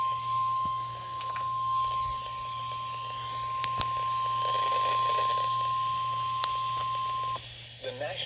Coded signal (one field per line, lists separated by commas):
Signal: Emergency Alert System (SAME) tones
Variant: 1050 Hz attention tone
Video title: slightly chaotic (eas alerts from may 26-27 2024)(read desc)